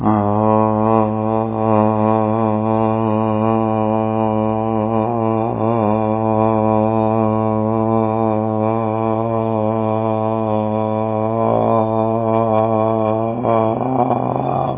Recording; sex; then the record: sustained vowel /a/; male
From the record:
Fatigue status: no fatigue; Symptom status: symptomatic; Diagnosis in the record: COVID-19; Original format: 3gp